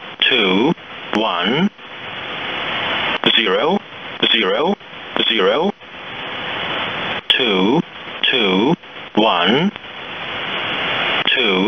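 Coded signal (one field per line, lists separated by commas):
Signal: numbers station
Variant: E07, English male voice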